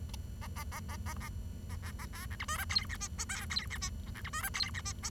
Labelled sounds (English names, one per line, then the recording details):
Bengalese Finch song
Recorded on 23 June 2012 at 10:25
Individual gr41rd51